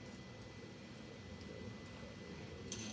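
A removal tool is turned on an implant screw set in bone during surgical removal, over a low steady background hum. A sharp click sounds at 2.7 s, meaning either the implant has broken loose or the screw has broken.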